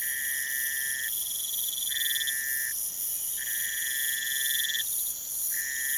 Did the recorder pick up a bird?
no